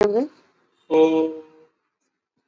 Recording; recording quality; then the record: sustained vowel as in boot; excellent, no background noise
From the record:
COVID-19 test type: RT-PCR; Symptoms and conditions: cough, cold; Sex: male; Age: 21 years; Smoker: no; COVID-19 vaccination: both doses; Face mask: worn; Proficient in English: yes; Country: India